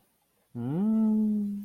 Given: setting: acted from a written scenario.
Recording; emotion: vocal sound without words; confusion